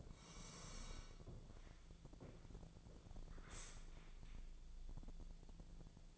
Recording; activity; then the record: daily activity, microphone in the room; sit down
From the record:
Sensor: 5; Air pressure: 1000.5 hPa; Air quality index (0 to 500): 143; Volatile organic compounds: 2 ppm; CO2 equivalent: 1109 ppm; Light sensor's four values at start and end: 49/115/48/51 and 50/116/49/52